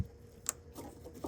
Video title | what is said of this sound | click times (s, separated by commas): Replacing My Fuel Filter After 173,000 Miles... 2006 Subaru WRX Tutorial | And you should hear a little click, and I did. | 0.5 s